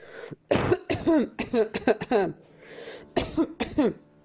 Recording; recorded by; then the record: voluntary cough; messaging app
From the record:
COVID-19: negative